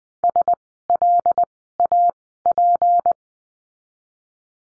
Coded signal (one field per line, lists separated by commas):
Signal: Morse code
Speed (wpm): 20 wpm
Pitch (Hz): 700 Hz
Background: none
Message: SLAP